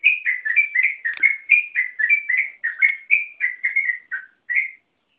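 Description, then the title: Yellow-vented Bulbul song, rapid warbled whistles tumbling up and down in a lively stream, ending with two separate notes. "burung rucukan"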